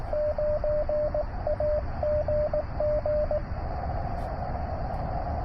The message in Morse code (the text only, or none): 9AGG